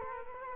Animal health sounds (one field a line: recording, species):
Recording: mosquito wingbeat signal from an infrared sensor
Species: Culex quinquefasciatus